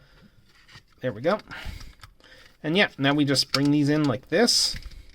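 Someone talks while handling the plastic limb parts of a transforming toy, bringing them inward toward the figure's body, with faint plastic handling noises between the words. The clip ends before the parts snap into their slots, so nothing has seated or clicked yet.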